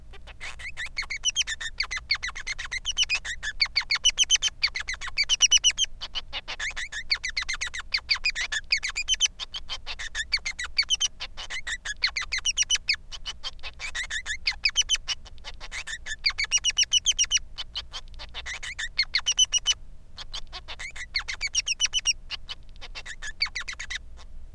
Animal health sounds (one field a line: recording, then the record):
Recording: song of a male Bengalese finch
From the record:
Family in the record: son of father 3